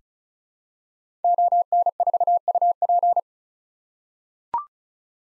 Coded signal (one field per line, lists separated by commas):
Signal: Morse code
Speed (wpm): 36 wpm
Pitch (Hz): 700 Hz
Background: none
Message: ON4UP